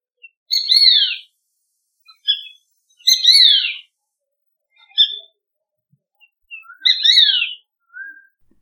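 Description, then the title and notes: Shikra calls: sharp, high, downslurred notes repeated every few seconds, with shorter, fainter notes between them. "Shikra - Sandip das"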